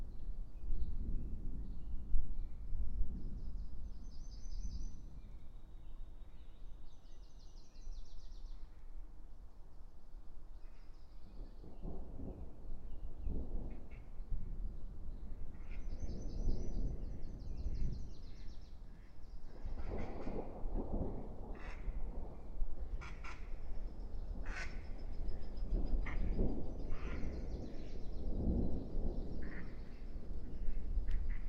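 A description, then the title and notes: A passing thunderstorm rumbles low and steadily under the whole stretch, growing busier after the midpoint. High bird chirps come in short bursts around four, sixteen and twenty-six seconds, while rough, quacking calls and scattered clicks crowd the second half. Passing Thunderstorm East Of Bear Mountain. A late spring afternoon in a small stand of Quaking Aspen growing beneath tall Ponderosa Pines beside a seasonally flooded meadow located east of Bear Mountain in Shasta-Trinity National Forest, Siskiyou County, California.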